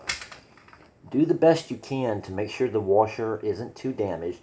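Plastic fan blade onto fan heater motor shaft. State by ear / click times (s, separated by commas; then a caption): seated / 0.1 s. A plastic fan blade from a Mainstays/Pelonis fan heater is pushed back onto its motor shaft after a failed first try. It snaps into place with a sharp, loud click at 0.1 s, followed by a couple of fainter knocks. Someone then talks.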